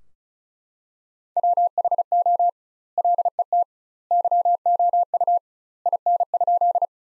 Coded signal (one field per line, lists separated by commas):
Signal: Morse code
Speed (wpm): 34 wpm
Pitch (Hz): 700 Hz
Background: none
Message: WHO LET YOU IN?